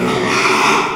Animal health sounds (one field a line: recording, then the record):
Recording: squeal of a Yucatan mini pig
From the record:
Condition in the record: after surgery on the right vocal fold (resection and tissue-engineered implant)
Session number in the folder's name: 1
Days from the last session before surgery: 6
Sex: male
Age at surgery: 12 weeks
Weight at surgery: 13 kg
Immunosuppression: cyclosporine, prednisolone